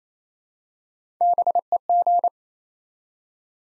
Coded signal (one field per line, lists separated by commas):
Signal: Morse code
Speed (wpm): 27 wpm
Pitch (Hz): 700 Hz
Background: none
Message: BEG